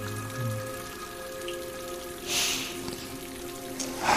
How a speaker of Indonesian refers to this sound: Ketika ku bangun, di luar sana hujan turun cukup deras.